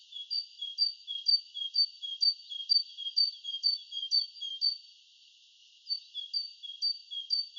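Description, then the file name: Great tit giving a run of ringing two-note phrases, high then low, about twice a second, pausing for a second before starting the series again. "Parus major"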